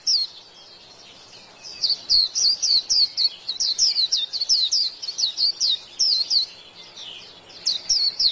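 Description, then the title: White-eye: fast series of sharp high tweets, starting after a short quiet spell and continuing in rapid bursts. "Pleci"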